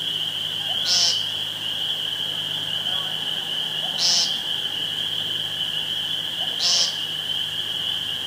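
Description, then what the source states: Woodcock calls: soft croaking grunts each followed by a sharp, high squeak, repeated about every three seconds over a steady high-pitched whine. Recorded 2 June 2013 with a phone.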